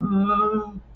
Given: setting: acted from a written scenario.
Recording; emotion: vocal sound without words; fear